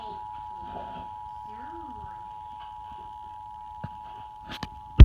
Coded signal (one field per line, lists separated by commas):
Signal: Emergency Alert System (SAME) tones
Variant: 853 and 960 Hz attention tone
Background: speech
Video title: EAS TEST for 2019